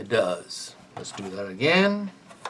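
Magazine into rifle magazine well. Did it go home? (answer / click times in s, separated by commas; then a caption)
no / none. A magazine is handled at the magazine well of a Chiappa M1-22 rifle, about to be inserted a second time while someone talks throughout. A brief sharp sound comes right at the end, near 2.5 s, but the clip stops before the magazine goes home, so nothing has seated or clicked yet.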